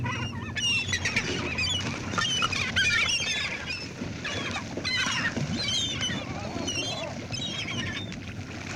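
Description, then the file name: Gull chatter of squealing, looping calls from several birds in bursts, set against a low rumbling background. "Seagull Chatter"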